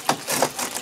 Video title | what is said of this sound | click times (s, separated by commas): Tub video | and it just snaps back into place | 0.1 s